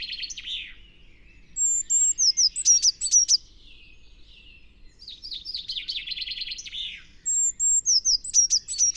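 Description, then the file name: Eurasian blue tit calls: runs of thin, very high, clipped notes alternating with lower buzzy, chattering phrases. "Cyanistes caeruleus"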